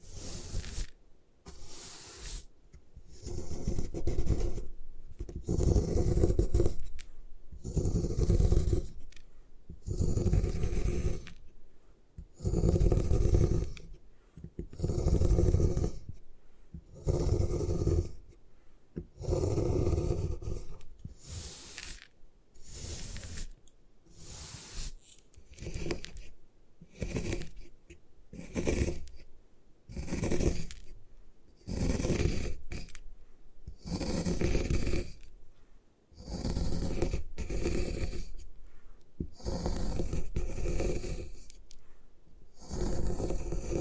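Gym chalk being crushed and ground in repeated rough bursts, each a second or two long, with short silences between them throughout.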